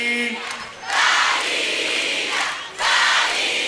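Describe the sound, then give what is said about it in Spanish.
An audience from Argentina shouts together in unison, two loud sustained bursts of massed voices separated by a brief dip, broad and roaring like a chant at an event. “Quería escuchar el grito de todos ustedes de Argentina.”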